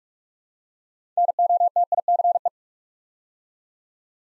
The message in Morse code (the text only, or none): NOTICE